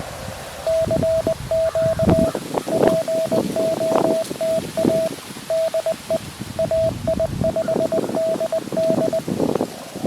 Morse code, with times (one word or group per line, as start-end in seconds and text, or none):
0.7-2.3 CQ
2.7-5.1 POTA
5.5-6.2 DE
6.6-9.2 AI5DD